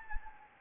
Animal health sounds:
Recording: mosquito wingbeat signal from an infrared sensor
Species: Anopheles gambiae

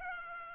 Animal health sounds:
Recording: mosquito wingbeat signal from an infrared sensor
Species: Culex pipiens

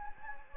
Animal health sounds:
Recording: mosquito wingbeat signal from an infrared sensor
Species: Anopheles gambiae

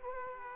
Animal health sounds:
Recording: mosquito wingbeat signal from an infrared sensor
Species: Aedes aegypti

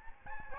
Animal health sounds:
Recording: mosquito wingbeat signal from an infrared sensor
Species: Aedes albopictus

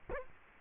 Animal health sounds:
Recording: mosquito wingbeat signal from an infrared sensor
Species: Culex quinquefasciatus

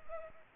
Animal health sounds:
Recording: mosquito wingbeat signal from an infrared sensor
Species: Culex pipiens

